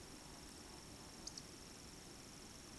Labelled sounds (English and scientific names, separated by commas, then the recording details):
Eurasian Woodcock (Scolopax rusticola) whistle, Eurasian Woodcock (Scolopax rusticola) croak
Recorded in Baden-Württemberg, Germany, on 9 June 2021 at 20:20 UTC
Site 25175, 602 m above sea level